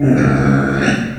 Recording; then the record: squeal of a Yucatan mini pig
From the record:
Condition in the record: after surgery on the right vocal fold (resection and tissue-engineered implant); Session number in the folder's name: 3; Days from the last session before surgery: 21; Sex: female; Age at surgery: 19 weeks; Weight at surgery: 25 kg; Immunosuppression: prednisolone